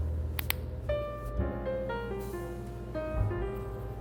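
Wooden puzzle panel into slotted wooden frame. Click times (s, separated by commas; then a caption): 0.4 s, 0.5 s. A laser-cut wooden puzzle panel is pressed into the slots of a slotted wooden frame on a 3D puzzle kit, making two small sharp clicks at 0.4 s and 0.5 s. Soft piano music plays underneath throughout. The piece clicks in and is seated.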